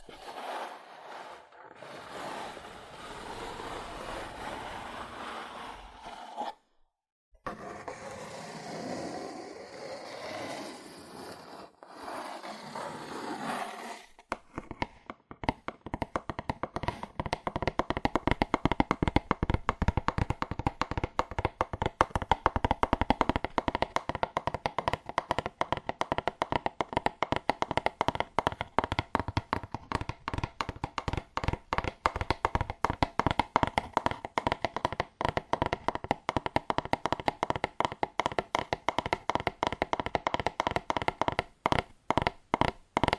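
Cardboard is tapped, starting softly and unevenly for the first fourteen seconds, with a brief silence near seven seconds. After that the tapping turns fast, dense and steady, a rapid hollow drumming of sharp hits that continues to the end.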